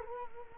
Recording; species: mosquito wingbeat signal from an infrared sensor; Culex quinquefasciatus